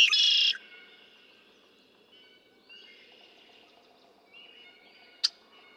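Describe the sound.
Red-winged blackbird song: the end of a loud buzzy trill, lasting about half a second, followed by faint notes and one sharp click.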